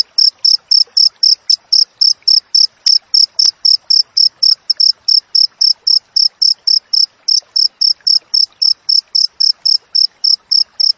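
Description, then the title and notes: Cricket chirping continuously in closely spaced, high metallic pulses about four per second, with faint background ticks. Wild cricket chirping with close spacing between chirps, used as tutor audio for training songbirds and to repel rats. "Masteran Jangkrik Alam Jernih, Jeda Rapat Cocok Untuk Masteran Burung Dan Mengusir Tikus. suara jangkrik"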